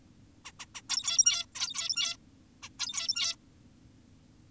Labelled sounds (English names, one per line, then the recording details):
Zebra Finch
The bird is an adult
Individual g17y2U